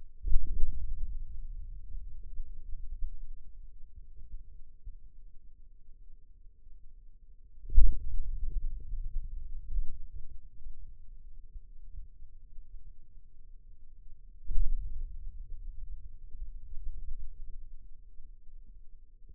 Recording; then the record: forearm muscle sounds (acoustic myography)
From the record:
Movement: hand opening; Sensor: system 2, bracelet of six BSWA MPA416 microphones around the upper forearm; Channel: 2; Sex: male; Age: 22 years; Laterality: right